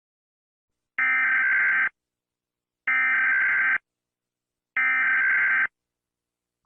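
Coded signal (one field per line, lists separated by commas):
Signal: Emergency Alert System (SAME) tones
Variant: header bursts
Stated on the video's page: Fictional EAS scenario, not a real alert; made for entertainment.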